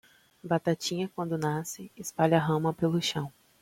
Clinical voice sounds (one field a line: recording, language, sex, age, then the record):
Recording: short text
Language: Brazilian Portuguese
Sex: female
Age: 20 to 29 years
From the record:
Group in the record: control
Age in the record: 25 years